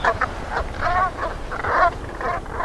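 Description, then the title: Brent goose calls: rolling, nasal honks in quick succession, over a steady rushing background noise. "vogel der woche. Ringelgans"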